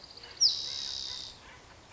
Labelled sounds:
Spotted Towhee (Pipilo maculatus)

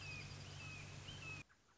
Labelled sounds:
Red-shouldered Hawk (Buteo lineatus)

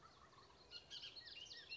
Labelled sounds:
Bullock's Oriole (Icterus bullockii)

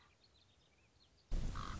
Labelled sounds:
Common Raven (Corvus corax)

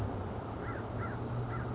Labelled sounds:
American Crow (Corvus brachyrhynchos)

